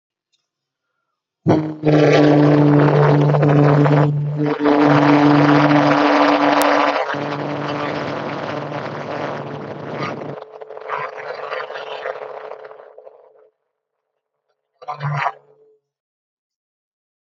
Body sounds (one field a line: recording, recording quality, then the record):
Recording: sustained vowel as in boot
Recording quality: moderate, slight background noise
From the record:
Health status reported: healthy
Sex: male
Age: 36 years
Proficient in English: yes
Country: India